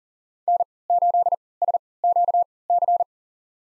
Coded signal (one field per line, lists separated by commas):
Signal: Morse code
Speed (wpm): 38 wpm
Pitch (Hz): 700 Hz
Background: none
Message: N8SQC